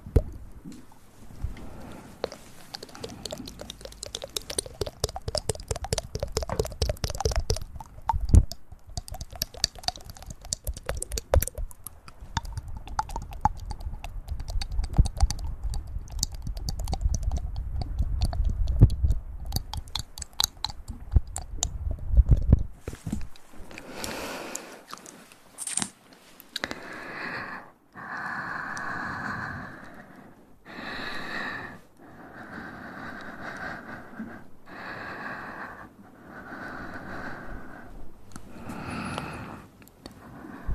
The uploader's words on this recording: Ear Breathy Triggers.